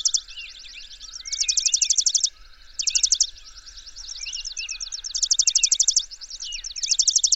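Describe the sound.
Birds singing rapid high trills in loud bursts, mixed with short sliding whistled notes between them.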